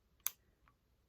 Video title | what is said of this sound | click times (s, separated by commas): Blood sugar test instructions | tiny click right stick this on the top now you can | 0.3 s